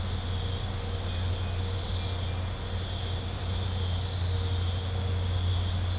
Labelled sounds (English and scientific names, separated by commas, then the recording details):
none
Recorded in pastures near Puerto Asís, Putumayo, Colombia, on 20 December 2024 at 04:30
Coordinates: 0.502, -76.324
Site G077